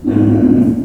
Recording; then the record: squeal of a Yucatan mini pig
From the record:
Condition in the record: after surgery on the right vocal fold (resection and tissue-engineered implant); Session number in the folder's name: 2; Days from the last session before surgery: 18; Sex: female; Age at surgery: 19 weeks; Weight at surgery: 25 kg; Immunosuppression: prednisolone